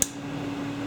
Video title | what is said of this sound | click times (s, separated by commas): How To Install An EMGLO K Pump Valve Kit | all right and you usually hear a clicking sound like I just heard a snap that confirms it is actually in place | 0.0 s